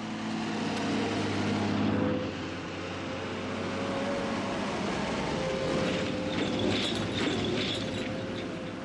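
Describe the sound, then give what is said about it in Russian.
A van with a spotlight on its hood, a white cross on its side and a large loudspeaker on its roof drives along a road, followed by a truck carrying crates and two soldiers; their engines produce a steady, loud low rumble and drone with mechanical rattling and a faint hiss throughout. “По дороге едет фургон.”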